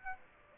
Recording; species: mosquito wingbeat signal from an infrared sensor; Aedes aegypti